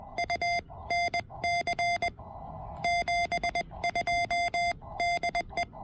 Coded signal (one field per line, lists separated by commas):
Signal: Morse code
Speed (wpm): 20 wpm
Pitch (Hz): 700 Hz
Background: none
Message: U N C 72 DE